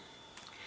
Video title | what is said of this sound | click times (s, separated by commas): Stampin Blends Meet Basket of Wishes | listen for that click then I'm going to come in with the darker daffodil | 0.4 s